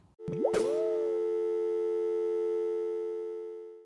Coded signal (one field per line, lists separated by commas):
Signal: telephone call progress tone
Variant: North America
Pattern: dial tone